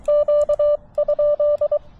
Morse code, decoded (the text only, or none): Q?